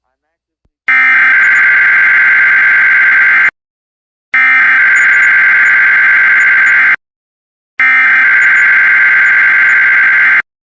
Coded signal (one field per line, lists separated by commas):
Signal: Emergency Alert System (SAME) tones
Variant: header bursts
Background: speech